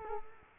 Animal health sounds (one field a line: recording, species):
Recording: mosquito wingbeat signal from an infrared sensor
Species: Culex quinquefasciatus